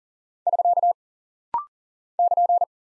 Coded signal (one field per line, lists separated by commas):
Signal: Morse code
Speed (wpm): 42 wpm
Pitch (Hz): 700 Hz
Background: none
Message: <SK> <KN>